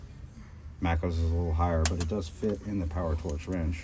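A metal socket is handled at the square drive of a small bit ratchet wrench while someone talks throughout. The socket has not yet locked onto the drive, and nothing has seated or clicked by the end of the clip.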